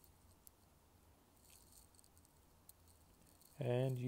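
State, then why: Seated. A filled clean-water tank is clicked onto the front of a Kärcher FC7 wireless hard floor cleaner, with a sharp click at 0.5 s over quiet background noise. A few faint ticks follow, then someone talks from about 3.6 s. The tank seats in place.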